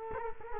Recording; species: mosquito wingbeat signal from an infrared sensor; Culex quinquefasciatus